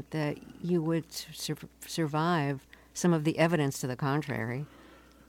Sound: none